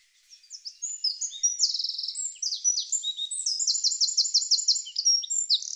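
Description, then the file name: Eurasian wren singing a continuous, very high, hurried stream of sharp notes broken by several rapid rattling trills. "Troglodytes troglodytes"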